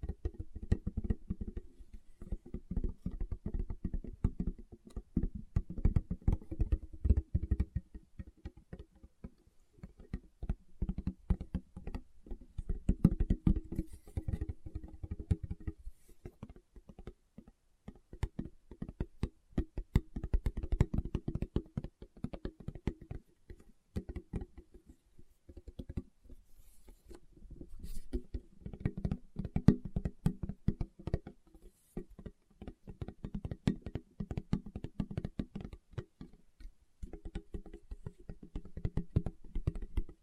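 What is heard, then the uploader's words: Fingertips tap in quick, dense patters, each tap a soft, dull knock weighted in the low end. The tapping comes in bursts of several seconds, separated by brief pauses near 17, 25 and 36 seconds, with occasional brighter clicks standing out above the thudding. ASMR Tapping with Fingertips (No Talking).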